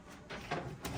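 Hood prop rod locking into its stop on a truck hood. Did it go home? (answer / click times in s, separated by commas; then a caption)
no / none. Two people lift the heavy hood of a Hummer H1 truck toward its full open position, with the metal prop rod that will lock into its stop and hold the hood up. Low handling and shuffling noise is heard, with a sharper knock at about 0.5 s. Nothing has seated or clicked yet; the prop rod has not popped into place.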